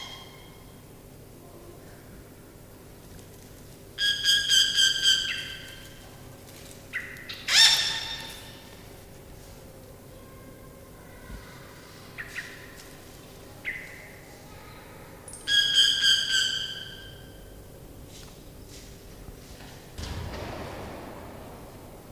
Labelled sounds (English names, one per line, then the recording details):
Yellow-rumped Cacique call
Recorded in captivity
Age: adult
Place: Zoo Berlin, Berlin, DE
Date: 2000-09-07 16:57
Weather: fair, 16°C
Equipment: Nagra SN, Kopie Uher 4000 Report Monitor
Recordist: Tembrock, Günter